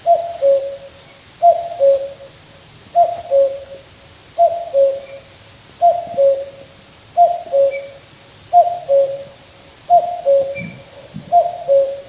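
A cuckoo calls its clear two-note cuckoo about every second and a half, nine times in steady rhythm, over a quiet low rumble.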